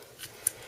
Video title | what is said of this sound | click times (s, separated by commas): Corsair H55 Cooler Installation Guide for AMD and Intel Motherboards | you can hear it lock | 0.5 s